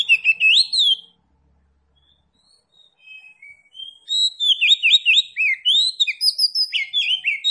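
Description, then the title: Oriental magpie-robin song of rich, varied whistles and slurred rising and falling phrases, broken by a pause before a lively burst resumes. Tretes variety, singing vigorously (gacor). "Kacer Tretes Gacor"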